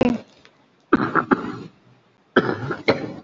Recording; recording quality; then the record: shallow voluntary cough; excellent, no background noise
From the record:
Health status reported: COVID-19 positive, moderate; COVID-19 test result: positive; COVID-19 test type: RT-PCR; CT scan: taken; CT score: 5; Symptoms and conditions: cough, cold, breathing difficulty, sore throat, fever, fatigue, muscle pain, loss of smell and taste, pneumonia, another condition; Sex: male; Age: 60 years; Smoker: yes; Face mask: worn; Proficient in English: yes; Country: India